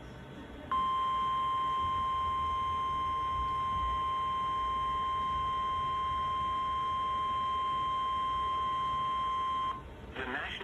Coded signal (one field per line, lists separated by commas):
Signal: Emergency Alert System (SAME) tones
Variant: 1050 Hz attention tone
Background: speech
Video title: (EAS #4-6) 3 More Severe Thunderstorm Warnings for N.C. (7/20/2020)